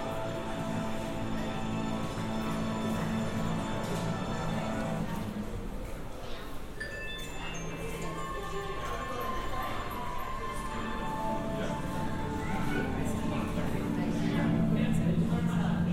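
A collage of binaural field recordings, dense and busy throughout, with layered tones and a low steady hum under shifting textures. Faint voices and scattered clip-clop like taps come and go, and sustained pitched sounds drift in, growing slightly louder near the end.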